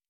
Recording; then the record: hydrophone in a shrimp aquaculture tank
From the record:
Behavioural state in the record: normal